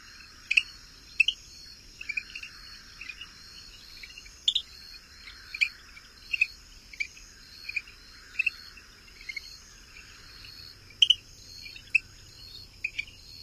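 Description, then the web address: Greenhouse frog calls: short high chirps repeated irregularly over a steady high insect-like drone. North America. "Songs of Frogs Toads of North America. Greenhouse Frog"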